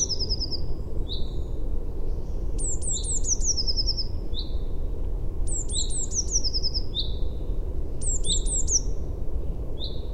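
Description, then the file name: Eurasian blue tit with high descending thin notes trailing into clipped lower notes, several phrases repeated, set against a continuous low-frequency hum. "Cyanistes caeruleus"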